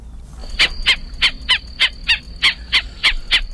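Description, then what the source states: Black-necked Stilt sharp yapping calls, loud clipped notes repeated about three times a second in a steady series, with a faint steady high tone behind them. Played on a radio show as the week's mystery bird.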